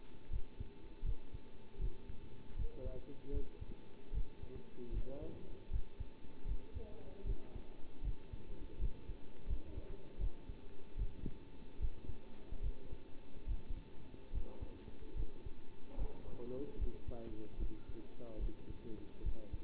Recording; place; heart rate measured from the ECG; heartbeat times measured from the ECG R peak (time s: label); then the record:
heart sounds by stethoscope; between the tricuspid and mitral areas; 76 bpm
0.30 s: heartbeat
1.04 s: heartbeat
1.79 s: heartbeat
2.56 s: heartbeat
3.32 s: heartbeat
4.12 s: heartbeat
4.92 s: heartbeat
5.70 s: heartbeat
6.46 s: heartbeat
7.24 s: heartbeat
8.02 s: heartbeat
8.79 s: heartbeat
9.47 s: heartbeat
10.19 s: heartbeat
10.97 s: heartbeat
11.79 s: heartbeat
12.61 s: heartbeat
13.46 s: heartbeat
14.32 s: heartbeat
15.15 s: heartbeat
15.97 s: heartbeat
16.78 s: heartbeat
17.58 s: heartbeat
18.39 s: heartbeat
19.23 s: heartbeat
From the record:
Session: bicycle stress test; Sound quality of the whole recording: good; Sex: male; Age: 27 years